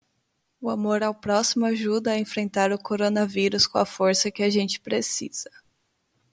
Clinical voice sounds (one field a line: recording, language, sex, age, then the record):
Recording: spoken sentence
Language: Brazilian Portuguese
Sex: female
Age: 20 to 29 years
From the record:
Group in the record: control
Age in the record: 26 years